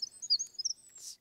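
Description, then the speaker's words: Winter Wren song fragment: a quick run of very high, thin tinkling notes and short trills, bright and jumbled, lasting just over a second. Very high-frequency song; stream-side species use high frequencies to stand out against the low-frequency noise of rushing water. "I bet Lee's got a winter wren song."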